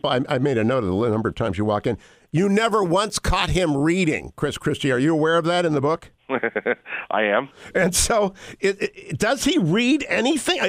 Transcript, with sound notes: People, I made a note of the number of times you walk in. You never once caught him reading, Chris Christie. Are you aware of that in the book?
(laughing) I am.
And so, does he read anything?